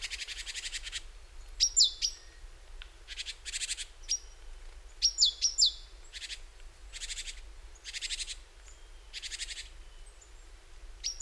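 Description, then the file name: Great tit giving two short phrases of sharp downslurred notes, outnumbered by repeated harsh, buzzy rasping bursts throughout. "Parus major"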